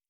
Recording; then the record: hydrophone in a shrimp aquaculture tank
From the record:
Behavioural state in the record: normal